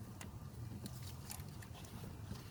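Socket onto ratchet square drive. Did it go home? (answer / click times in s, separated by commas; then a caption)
no / none. A metal socket is handled at the square drive of a Tekton flex-head ratchet, with its retaining ball or tab, before being pushed fully on. Light clicks and taps are heard over a low background hum. Nothing has seated or clicked yet.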